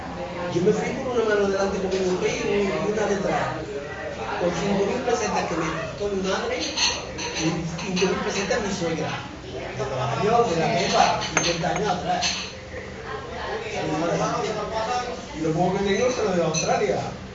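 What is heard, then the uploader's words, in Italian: Exotic chatter in a bar in Barcelona: overlapping voices of women and men talk continuously, a dense steady murmur with occasional louder exclamations. In un bar di Barcellona. L’esotico cicalecchio di un bar di Barcelona.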